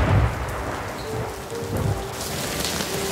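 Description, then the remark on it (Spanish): A nighttime hailstorm pelts down on the town of Villa Arte in a steady, dense hiss of impacts, with a deep rumble of thunder swelling at the start and faint rolling low tones beneath the clatter. “Esa noche una tormenta de granizo azotó la ciudad.”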